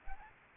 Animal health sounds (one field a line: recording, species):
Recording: mosquito wingbeat signal from an infrared sensor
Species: Aedes aegypti